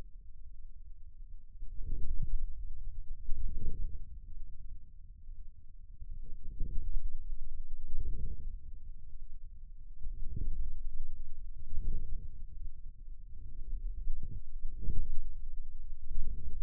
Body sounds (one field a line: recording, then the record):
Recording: forearm muscle sounds (acoustic myography)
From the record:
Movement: inward rotation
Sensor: system 2, bracelet of six BSWA MPA416 microphones around the upper forearm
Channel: 1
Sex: male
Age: 22 years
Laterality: right